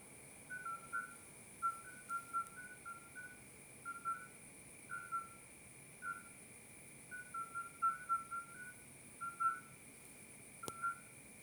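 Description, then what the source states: Midwife toads: soft, mellow, whistle-like short beeps in loose groups over a steady hum. Recorded 30 May 2024 at 22:30, at night.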